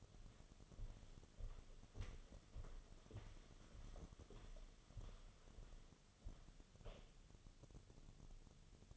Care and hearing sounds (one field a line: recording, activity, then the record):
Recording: daily activity, microphone in the room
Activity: walk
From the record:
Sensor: 4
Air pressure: 1016.2 hPa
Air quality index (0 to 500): 162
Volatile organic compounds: 6 ppm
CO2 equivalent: 1843 ppm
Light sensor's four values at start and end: 9/20/8/8 and 9/21/8/8